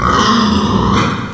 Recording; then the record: squeal of a Yucatan mini pig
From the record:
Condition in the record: after surgery on the right vocal fold (resection and tissue-engineered implant); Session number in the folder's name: 15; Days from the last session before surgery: 175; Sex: female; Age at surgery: 19 weeks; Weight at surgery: 25 kg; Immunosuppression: prednisolone